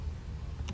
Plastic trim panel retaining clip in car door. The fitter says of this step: make sure that you bring your screwdriver up and then you'll hear a bit of a click.